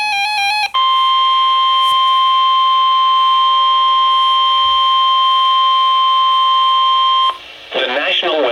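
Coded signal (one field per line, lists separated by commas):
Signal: Emergency Alert System (SAME) tones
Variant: 1050 Hz attention tone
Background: speech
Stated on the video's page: Severe thunderstorm warning received from NOAA weather radio transmitter WXJ87 serving Madison, Wisconsin.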